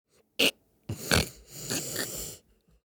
Little boy wakes up sudden snore.